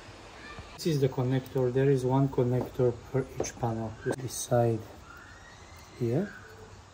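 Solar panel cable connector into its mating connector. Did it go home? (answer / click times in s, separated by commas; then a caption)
no / none. Someone talks while handling a plastic solar panel cable connector, one per panel, from a balcony solar energy system with a Jackery Home Power 2000 Ultra, holding one half ready to push into its mating half. Only speech with short pauses is heard, ending in quiet room tone. Nothing has seated or clicked yet.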